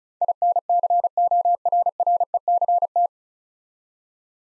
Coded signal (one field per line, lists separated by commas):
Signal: Morse code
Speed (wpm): 34 wpm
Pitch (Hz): 700 Hz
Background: none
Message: INCORRECT